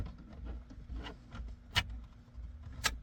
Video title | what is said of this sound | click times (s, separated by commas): S10 Blazer Tape Deck to Phone Charger Conversion | There's our click | 2.9 s